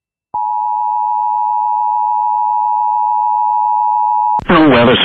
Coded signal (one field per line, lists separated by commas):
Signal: Emergency Alert System (SAME) tones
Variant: 853 and 960 Hz attention tone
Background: speech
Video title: PA SVR EAS #701